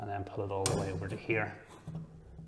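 Someone talks while pulling the top metal wire retention clip of a fan across a be quiet! Dark Rock Pro 4 CPU cooler toward the notch in the heatsink fins, with faint handling sounds under the voice. Nothing has seated or clicked yet.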